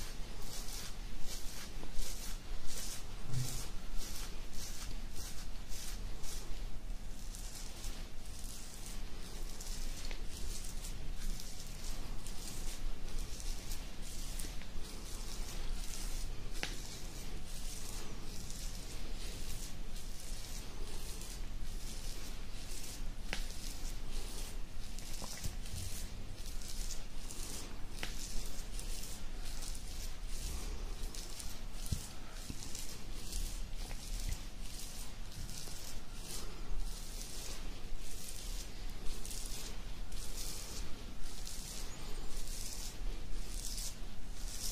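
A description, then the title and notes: Fingers scratch through a beard in quick, steady strokes for the whole 45 seconds, each stroke a short dry rasp with a bright crackly edge. The rhythm is dense and fairly regular, with slightly stronger bursts around 7, 17 and 24 seconds. A low constant hum sits underneath. ASMR INSANE BEARD SCRATCHING.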